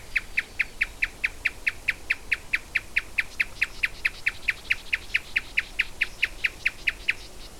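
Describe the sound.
Marsh tapaculo calling with a long, even series of short, sharp notes at a rapid, steady mechanical pace over faint background hiss.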